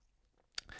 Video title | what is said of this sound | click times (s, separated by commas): Monarte Squid 4K Watch Review | Pulling it out to the first click position | 0.6 s